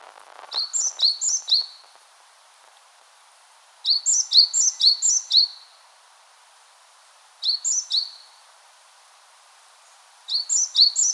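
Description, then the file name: Great tit song: bright two-note phrases repeated two to four times in quick bursts, with a pause of about two seconds between bursts. "Parus major"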